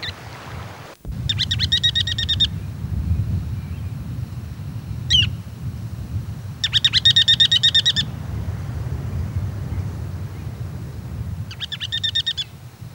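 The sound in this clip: Bird calls in buzzy, stacked bursts about one to one and a half seconds long, repeated three times, with a brief sharp downward note between, over a steady low rumble.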